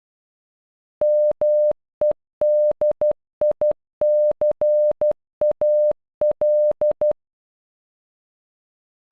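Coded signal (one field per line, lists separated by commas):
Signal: Morse code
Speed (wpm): 12 wpm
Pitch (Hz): 600 Hz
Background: none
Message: MEDICAL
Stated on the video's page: Computer-generated audio spelling a single word in Morse.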